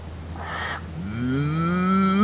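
Cow mooing, a deep harmonic call that starts low and rises steadily in pitch as it grows louder, cut off at the end.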